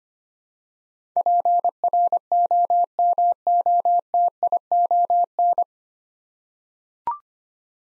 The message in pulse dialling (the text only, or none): none